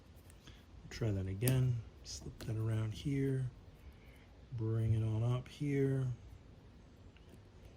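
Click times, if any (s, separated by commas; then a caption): 7.2 s. A plastic zip tie holding a bike computer mount is brought up around the handlebar and pushed through its head while someone talks. The ratchet gives its first small, sharp plastic click at 7.2 s, and the tie is seated.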